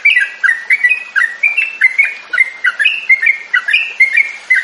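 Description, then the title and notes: Yellow-vented bulbul singing a quick series of bright, bubbly whistled chirps that vary in pitch. Master recording for training captive birds, featuring the tembakan and ropel song styles. "MASTERAN Trucukan Tembakan Dan Ropel. BURUNG TRUCUKAN"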